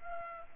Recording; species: mosquito wingbeat signal from an infrared sensor; Culex pipiens